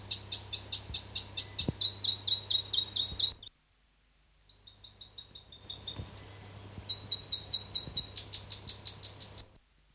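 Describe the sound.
South Island robin song in two bursts of quick repeated high notes separated by a short silent gap, pitch stepping between phrases.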